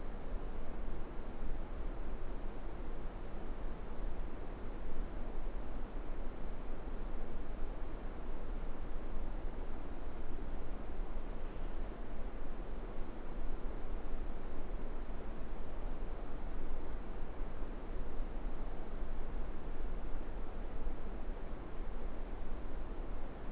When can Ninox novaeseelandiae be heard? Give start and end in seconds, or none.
none